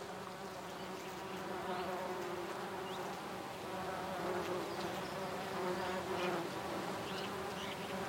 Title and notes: Sugarloaf Hill. Wood Sage Bees, Malvern Hills UK. Recorded by Mike Rucinski